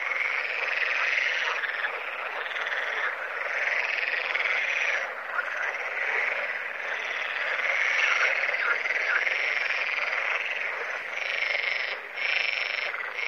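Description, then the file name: Water frog calling in a dense, continuous chorus of overlapping rasping croaks, with the loudness swelling and dipping but never stopping. "grenouille verte"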